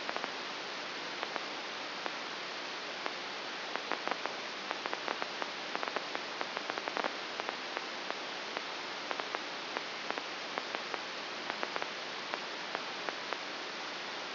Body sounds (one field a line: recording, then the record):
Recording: brain microelectrode recording played as sound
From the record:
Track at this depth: outside the subthalamic nucleus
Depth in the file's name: 6.801 mm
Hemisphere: right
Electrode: 2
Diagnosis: Parkinson's disease